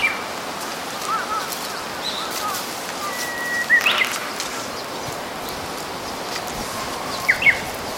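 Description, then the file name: Japanese bush warbler song: a level whistled note that breaks into a short twisting flourish, then a brief second phrase near the end, over constant outdoor hiss. "uguisu"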